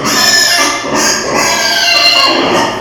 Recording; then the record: squeal of a Yucatan mini pig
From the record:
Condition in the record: before surgery on the right vocal fold (resection and tissue-engineered implant); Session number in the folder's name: 2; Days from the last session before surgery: 0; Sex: male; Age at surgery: 12 weeks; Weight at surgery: 13 kg